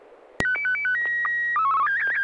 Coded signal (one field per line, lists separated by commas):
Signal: SSTV (slow-scan television)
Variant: Martin 1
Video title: N6NA SSTV Net - 06/05/2024